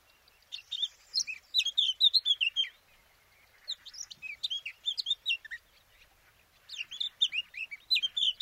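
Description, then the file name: Eurasian blackcap song in three separate phrases of a few seconds each, every phrase a quick run of varied warbled and whistled notes, separated by short silent gaps. "Sylvia atricapilla"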